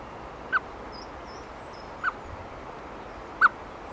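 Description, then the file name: Eurasian blackbird calling with three short, clipped notes spaced about one and a half seconds apart; faint high whistles from other birds behind. Female. "Turdus merula female"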